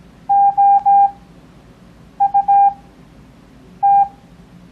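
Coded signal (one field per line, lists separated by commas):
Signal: Morse code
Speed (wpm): 17 wpm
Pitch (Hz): 800 Hz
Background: none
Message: OUT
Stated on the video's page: Beginner Morse code copying practice covering letters B, C, F, H, J, L, P, Q, V, X, Y, Z plus earlier letters.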